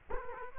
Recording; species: mosquito wingbeat signal from an infrared sensor; Culex quinquefasciatus